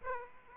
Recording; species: mosquito wingbeat signal from an infrared sensor; Aedes aegypti